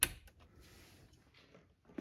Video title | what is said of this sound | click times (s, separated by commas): 2021-2026 Toyota Sienna Front Door Speaker Removal, Testing & Installation Instructions | and then we'll plug the connector in until it clicks. | 0.0 s